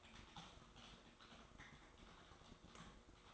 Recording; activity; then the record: daily activity, microphone in the room; typing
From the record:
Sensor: 3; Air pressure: 1004.4 hPa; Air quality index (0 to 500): 196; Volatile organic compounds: 14 ppm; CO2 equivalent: 2455 ppm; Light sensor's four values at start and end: 6/16/5/6 and 6/16/5/6